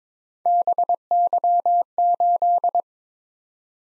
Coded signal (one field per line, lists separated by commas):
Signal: Morse code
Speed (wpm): 22 wpm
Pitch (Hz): 700 Hz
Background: none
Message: BY8